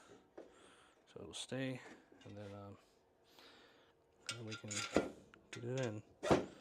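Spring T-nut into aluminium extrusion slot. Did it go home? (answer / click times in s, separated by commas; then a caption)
no / none. A spring-loaded drop-in T-nut is tilted into an aluminium extrusion slot and positioned during frame assembly of a FoxAlien XE-PRO CNC with an 800 mm extension, with faint handling noises around 0.4 s and 3.4 s while someone talks. The part has not gone home yet, and nothing has seated or clicked.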